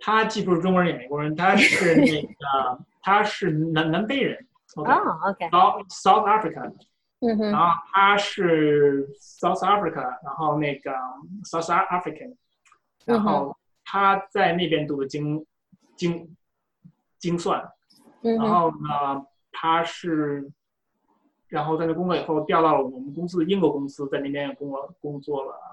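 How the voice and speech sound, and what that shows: Mandarin speech with sound and syllable repetitions, stretched sounds and tense pauses, fitting stuttering in an adult man who was born in Beijing and moved to the US at 17, now living in Chicago; he speaks with a stammer as a non-native English speaker and immigrant.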